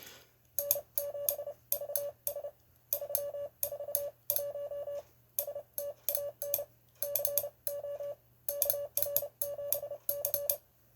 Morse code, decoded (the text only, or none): N7VS 341 STAN CO KR7C